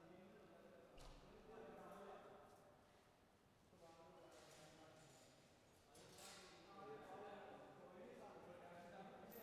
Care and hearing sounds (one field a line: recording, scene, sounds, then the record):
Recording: everyday scene through a hearing-aid microphone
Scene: reverberant space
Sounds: background noise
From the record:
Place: railway station hall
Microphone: behind the ear, left, front